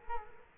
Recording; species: mosquito wingbeat signal from an infrared sensor; Culex quinquefasciatus